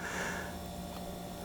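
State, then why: Not seated. An extractor spring is placed into an AR-15 bolt extractor for a Mk18 Mod 0 upper and lined up behind the small lip, with only quiet handling over a steady low hum and faint hiss. Nothing has snapped into place yet, and no hit or click is heard.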